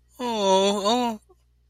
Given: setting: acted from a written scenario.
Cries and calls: vocal sound without words; sympathy

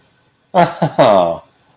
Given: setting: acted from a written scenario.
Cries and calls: vocal sound without words; adoration

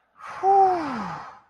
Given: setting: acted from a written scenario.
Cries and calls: vocal sound without words; ecstasy

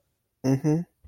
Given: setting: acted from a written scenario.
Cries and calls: vocal sound without words; interest

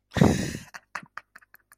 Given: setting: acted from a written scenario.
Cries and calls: vocal sound without words; amusement

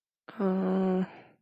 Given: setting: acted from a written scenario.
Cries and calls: vocal sound without words; confusion

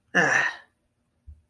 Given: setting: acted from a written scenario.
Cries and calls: vocal sound without words; contempt

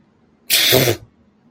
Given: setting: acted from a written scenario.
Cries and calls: vocal sound without words; contempt

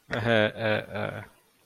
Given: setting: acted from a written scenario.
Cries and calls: vocal sound without words; embarrassment

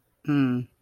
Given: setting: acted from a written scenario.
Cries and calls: vocal sound without words; neutral

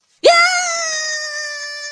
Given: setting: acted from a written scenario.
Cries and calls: vocal sound without words; triumph

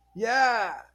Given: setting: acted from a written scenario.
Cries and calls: vocal sound without words; pride

